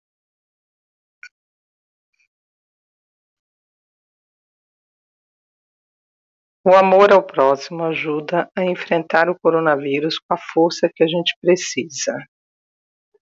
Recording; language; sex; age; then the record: spoken sentence; Brazilian Portuguese; female; 50 to 59 years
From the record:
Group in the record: control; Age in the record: 57 years